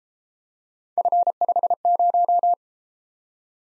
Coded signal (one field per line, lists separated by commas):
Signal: Morse code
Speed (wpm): 31 wpm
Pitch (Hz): 700 Hz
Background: none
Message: F50